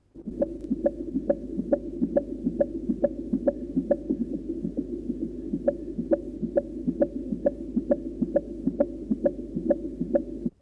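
Fast, steady fetal heartbeat at about 136 beats a minute, heard through the mother's abdomen, from a fetus at term weighing about 3400 g; within the normal range of 120 to 160 beats per minute.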